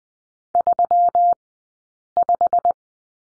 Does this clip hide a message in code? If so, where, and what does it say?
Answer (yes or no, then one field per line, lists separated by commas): yes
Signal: Morse code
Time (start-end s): 0.6-2.7 s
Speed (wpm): 20 wpm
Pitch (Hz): 700 Hz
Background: none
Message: 35